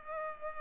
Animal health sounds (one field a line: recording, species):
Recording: mosquito wingbeat signal from an infrared sensor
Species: Culex pipiens